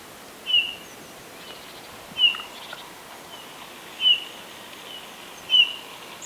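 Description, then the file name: Eurasian bullfinch calling four times with mellow, slightly falling piped notes spaced roughly one and a half to two seconds apart over a quiet hiss. "Pyrrhula pyrrhula"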